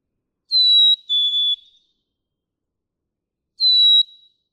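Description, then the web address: Black-capped chickadee song, a full two-note falling whistle followed three seconds later by a lone high whistled note. "birdsongforthecurious Black-capped Chickadee"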